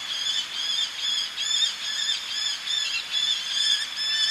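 Eleonora's falcon calls, a steady stream of harsh, nasal notes repeated rapidly.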